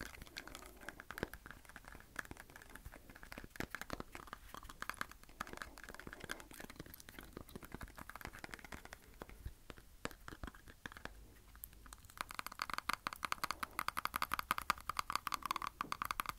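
Teeth tap in dense clusters of sharp clicks, sometimes rapid, sometimes slower, growing brighter and crisper during the last few seconds.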